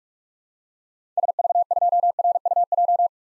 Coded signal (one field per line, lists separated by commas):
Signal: Morse code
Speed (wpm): 45 wpm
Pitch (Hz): 700 Hz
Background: none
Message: SV2RUJ